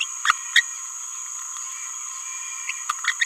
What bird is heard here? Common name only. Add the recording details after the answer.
Green-rumped Parrotlet. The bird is a female. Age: 26 days. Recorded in a nest box in Venezuela. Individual 17B31A3